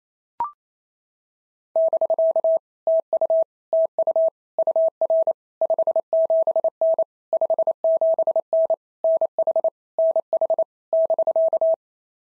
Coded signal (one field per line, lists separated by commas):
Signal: Morse code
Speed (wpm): 25 wpm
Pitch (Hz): 650 Hz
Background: none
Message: <BK> TU TU UR 57N 57N NH NH <BK>